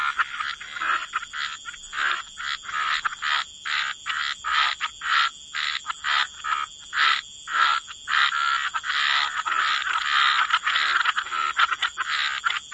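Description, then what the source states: Frogs giving repeated rasping croaks, nearly two per second, overlapping later, with a steady high hiss underneath. Frog chorus mixed with white noise.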